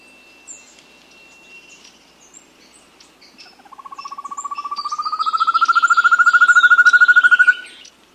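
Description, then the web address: Rufous-tailed antthrush song: a long, fast series of short notes climbing steadily in pitch for about four seconds, then stopping abruptly, with higher chirps from other birds behind. South America. "Natures Songs S America Rufous-Tailed Antthrush"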